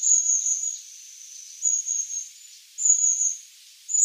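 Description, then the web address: Long-tailed tit giving thin, very high drawn-out 'see' notes, four in all, over a soft hiss. "Schulze Peter Long-tailed Tit"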